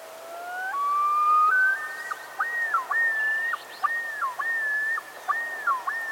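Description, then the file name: Common Loon: rising whistled notes stepping upward, then a loud run of repeated wavering yodel phrases. "Gavia immer - Great Northern Loon"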